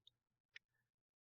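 A 3D-printed ABS ESC bracket with a small lip, printed on a Creality K2 Plus, is pressed into its mount on an RC lowrider Monte Carlo build. Two sharp snaps ring out at 0.1 s and 0.6 s, with low rustling in between. The bracket snaps into place and is seated at the right height.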